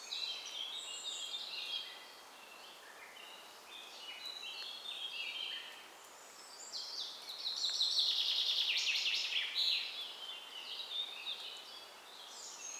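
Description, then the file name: Common chaffinch song amid a busy chorus of other birds, with a louder trilled phrase in the second half. "Fringilla coelebs"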